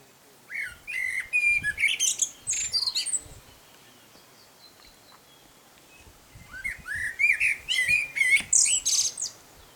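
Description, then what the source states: Common blackbird song in two phrases separated by a pause, each of fluty low whistles followed by high squeaky, scratchy twitters. Male song.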